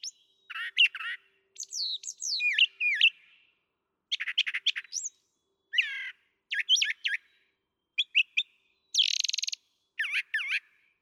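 Brown thrasher delivering a long, varied string of chirps, slurred whistles, stuttering trills and a buzzy burst, many phrases repeated twice.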